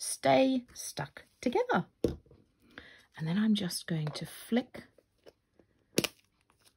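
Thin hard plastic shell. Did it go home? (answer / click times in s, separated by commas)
yes / 6.0 s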